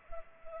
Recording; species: mosquito wingbeat signal from an infrared sensor; Culex pipiens